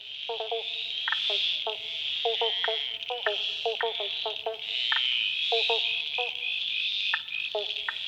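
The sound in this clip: Frogs calling with short, stacked, croaky notes in quick clusters, over a steady high buzzing chorus that runs throughout.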